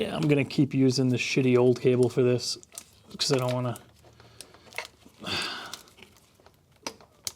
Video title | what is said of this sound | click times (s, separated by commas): Making a 3rd gen’s 700r4 Shifter Cable Work with a 6L80E | oo that's a nice satisfying click that's a nice little piece I made I'm proud of that | 6.9 s, 7.3 s